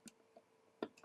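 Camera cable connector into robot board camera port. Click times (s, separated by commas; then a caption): 0.8 s. A camera cable connector is brought down and slid into the camera port on a robot's control board. It seats with a sharp click at 0.8 s, after smaller ticks around 0.1 s and 0.4 s and a lighter tap near 1.0 s. The connector is confirmed connected and snug.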